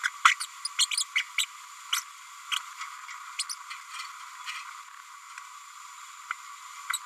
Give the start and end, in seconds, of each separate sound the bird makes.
0.03-0.08, 0.24-0.34, 0.40-0.46, 0.65-0.67, 0.79-0.85, 0.97-1.03, 1.15-1.23, 1.38-1.45, 1.92-2.00, 2.51-2.56, 3.38-3.43, 3.49-3.55, 6.93-6.98